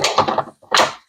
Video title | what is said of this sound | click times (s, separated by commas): Ketochow Icecream with Butter! | okay then the lid just snaps on and you'll hear a little click | 0.7 s